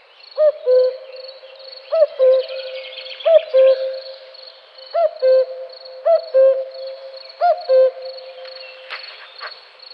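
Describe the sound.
Cuckoo repeating its descending two-note cu-ckoo call six times at an uneven pace, roughly every one to two seconds, with a faint high whine and soft chirps behind.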